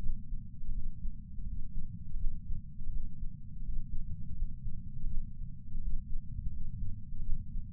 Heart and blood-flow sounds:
heart sounds by patch sensor on the chest; 83 bpm
0.72 s: heartbeat
1.44 s: heartbeat
2.17 s: heartbeat
2.90 s: heartbeat
3.62 s: heartbeat
4.34 s: heartbeat
5.07 s: heartbeat
5.79 s: heartbeat
6.50 s: heartbeat
7.22 s: heartbeat
From the record:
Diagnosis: coronary artery disease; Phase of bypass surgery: postoperative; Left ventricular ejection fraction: 60.1%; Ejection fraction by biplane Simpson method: 55.9%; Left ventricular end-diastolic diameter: 44 mm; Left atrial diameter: 30 mm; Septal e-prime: 4.8 cm/s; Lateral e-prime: 11.2 cm/s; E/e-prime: 10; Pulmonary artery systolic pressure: 23 mmHg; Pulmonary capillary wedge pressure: 10 mmHg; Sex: male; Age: 75 years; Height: 167 cm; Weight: 58 kg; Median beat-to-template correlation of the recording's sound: 0.77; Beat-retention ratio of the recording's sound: 1.00

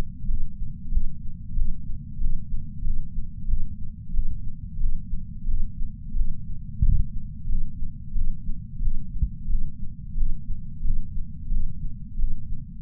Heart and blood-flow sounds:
heart sounds by patch sensor on the chest; 91 bpm
0.29 s: heartbeat
0.92 s: heartbeat
1.56 s: heartbeat
2.21 s: heartbeat
2.85 s: heartbeat
3.48 s: heartbeat
4.14 s: heartbeat
4.80 s: heartbeat
5.48 s: heartbeat
6.16 s: heartbeat
6.83 s: heartbeat
7.49 s: heartbeat
8.16 s: heartbeat
8.82 s: heartbeat
9.50 s: heartbeat
10.17 s: heartbeat
10.85 s: heartbeat
11.52 s: heartbeat
12.19 s: heartbeat
From the record:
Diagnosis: coronary artery disease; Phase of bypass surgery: preoperative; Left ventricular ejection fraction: 64.4%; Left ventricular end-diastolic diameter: 43 mm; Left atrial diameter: 35 mm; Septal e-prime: 6.9 cm/s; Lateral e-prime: 11.4 cm/s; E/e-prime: 9.7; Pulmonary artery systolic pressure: 22 mmHg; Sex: female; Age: 58 years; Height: 155 cm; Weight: 55 kg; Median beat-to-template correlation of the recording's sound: 0.95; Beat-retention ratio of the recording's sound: 0.99

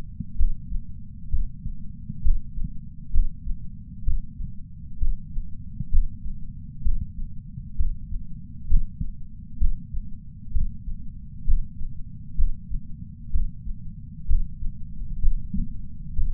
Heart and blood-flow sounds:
heart sounds by patch sensor on the chest; 65 bpm
0.38 s: heartbeat
1.31 s: heartbeat
2.24 s: heartbeat
3.13 s: heartbeat
4.06 s: heartbeat
5.00 s: heartbeat
5.91 s: heartbeat
6.84 s: heartbeat
7.78 s: heartbeat
8.69 s: heartbeat
9.60 s: heartbeat
10.54 s: heartbeat
11.47 s: heartbeat
12.37 s: heartbeat
13.33 s: heartbeat
14.28 s: heartbeat
15.21 s: heartbeat
16.16 s: heartbeat
From the record:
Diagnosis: coronary artery disease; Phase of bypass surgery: preoperative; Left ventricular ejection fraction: 60.1%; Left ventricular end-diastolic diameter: 44 mm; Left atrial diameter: 31 mm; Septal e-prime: 6.8 cm/s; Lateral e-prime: 9.8 cm/s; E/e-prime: 5.9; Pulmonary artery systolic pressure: 20 mmHg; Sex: male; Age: 60 years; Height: 167 cm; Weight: 58 kg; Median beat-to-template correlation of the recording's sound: 0.95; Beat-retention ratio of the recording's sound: 0.99

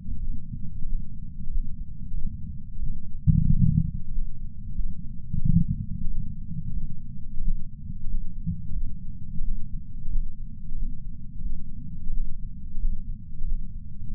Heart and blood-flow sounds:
heart sounds by patch sensor on the chest; 91 bpm
0.18 s: heartbeat
0.85 s: heartbeat
1.50 s: heartbeat
2.14 s: heartbeat
2.78 s: heartbeat
3.45 s: heartbeat
4.10 s: heartbeat
4.74 s: heartbeat
5.41 s: heartbeat
6.07 s: heartbeat
6.73 s: heartbeat
7.40 s: heartbeat
8.07 s: heartbeat
8.72 s: heartbeat
9.40 s: heartbeat
10.08 s: heartbeat
10.75 s: heartbeat
11.41 s: heartbeat
12.09 s: heartbeat
12.78 s: heartbeat
13.44 s: heartbeat
14.10 s: heartbeat
From the record:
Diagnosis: coronary artery disease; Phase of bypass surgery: postoperative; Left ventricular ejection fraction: 66.5%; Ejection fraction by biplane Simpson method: 64.8%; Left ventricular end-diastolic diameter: 39 mm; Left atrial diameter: 31 mm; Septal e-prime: 4.5 cm/s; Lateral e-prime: 6.6 cm/s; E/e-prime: 22.7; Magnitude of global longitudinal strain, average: 16.9%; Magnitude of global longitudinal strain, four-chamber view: 19.4%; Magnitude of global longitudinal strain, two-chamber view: 15.7%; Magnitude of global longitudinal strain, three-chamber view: 15.8%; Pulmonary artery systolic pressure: 26 mmHg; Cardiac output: 4.24 L/min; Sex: female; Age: 80 years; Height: 150 cm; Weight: 49 kg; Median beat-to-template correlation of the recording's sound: 0.73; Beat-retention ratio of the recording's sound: 1.00

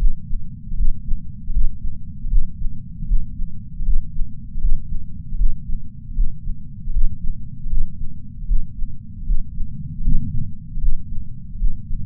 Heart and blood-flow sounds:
heart sounds by patch sensor on the chest; 78 bpm
0.73 s: heartbeat
1.49 s: heartbeat
2.26 s: heartbeat
3.03 s: heartbeat
3.81 s: heartbeat
4.57 s: heartbeat
5.34 s: heartbeat
6.11 s: heartbeat
6.89 s: heartbeat
7.65 s: heartbeat
8.43 s: heartbeat
9.22 s: heartbeat
10.00 s: heartbeat
10.77 s: heartbeat
11.54 s: heartbeat
From the record:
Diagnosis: coronary artery disease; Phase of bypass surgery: intraoperative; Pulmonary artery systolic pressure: 21 mmHg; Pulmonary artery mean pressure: 15 mmHg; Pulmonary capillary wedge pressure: 10 mmHg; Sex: male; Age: 65 years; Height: 170 cm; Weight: 65 kg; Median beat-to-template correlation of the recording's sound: 0.94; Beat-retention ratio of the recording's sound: 0.99

